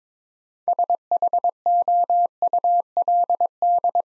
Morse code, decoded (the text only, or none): SHOULD